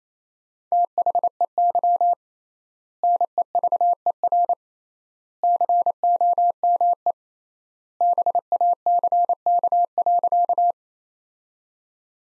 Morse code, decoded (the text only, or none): THEY NEVER COME BACK.